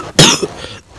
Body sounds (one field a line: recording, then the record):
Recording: coughing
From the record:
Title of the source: Wet coughing